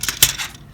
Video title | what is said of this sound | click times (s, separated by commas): MINI4WD Cutting body for input animal recer ตัดบอดี้ใส่หัวตุ๊กตา | ล็อคเรียบร้อยนะแต่ | 0.2 s